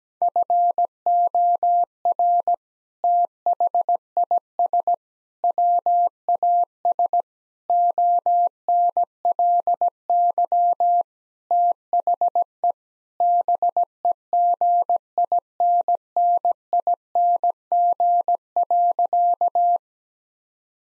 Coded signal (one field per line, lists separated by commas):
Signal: Morse code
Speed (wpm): 17 wpm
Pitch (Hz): 700 Hz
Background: none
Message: FOR THIS WAS ONLY THE BEGINNING.